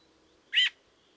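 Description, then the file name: Eurasian magpie making one short, grating chatter note over faint low background hum. "Pica pica"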